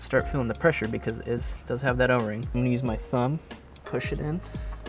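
Someone talks while pressing a MAP sensor with its o-ring into the intake manifold port of a 2014 Hyundai Elantra with a thumb, feeling the pressure from the o-ring. Nothing has seated or clicked yet; the clip ends just before the sensor goes home.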